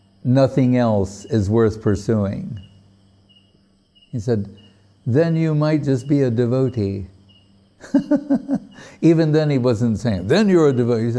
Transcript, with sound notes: nothing else is worth pursuing.” He said, “Then, you might just be a devotee.” [laughing] Even then he wasn't saying, “Then you're a devotee.”